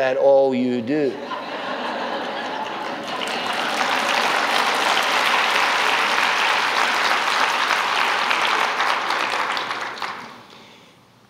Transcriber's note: laughter and applause